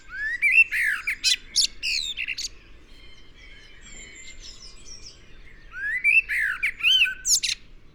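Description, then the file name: Eurasian blackbird singing a rich warbled phrase with squeaky high twittering, repeated after a pause; other birds faint in between. "Turdus merula"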